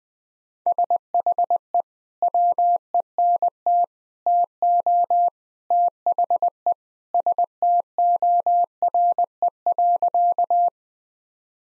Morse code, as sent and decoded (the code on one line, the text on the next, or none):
... .... . / .-- . -. - / - --- / - .... . / ... - --- .-. . .-.-.-
SHE WENT TO THE STORE.